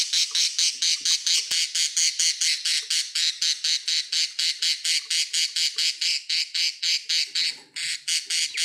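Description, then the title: Budgerigar chattering in a fast run of harsh, buzzy squawks. "Budgie Sounds"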